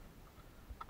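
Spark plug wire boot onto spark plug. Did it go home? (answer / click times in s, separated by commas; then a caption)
yes / 0.8 s. A rubber spark plug wire boot on a 528e is pushed down onto the spark plug terminal. Against a low, quiet background, a single sharp tick sounds at 0.8 s as the boot clicks onto the plug and is seated.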